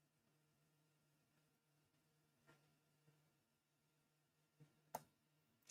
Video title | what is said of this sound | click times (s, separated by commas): So got some goodies in the mail lets print some parts and play with MESHTASTIC? | Snapped into place. Nice and sturdy. | 4.9 s